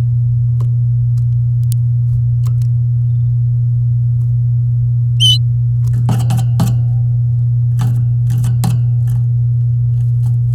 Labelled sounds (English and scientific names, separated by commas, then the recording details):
Domestic Canary (Serinus canaria) song
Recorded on 8 May 2018 at 09:10
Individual llb16